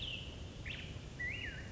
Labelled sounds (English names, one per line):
Black-headed Grosbeak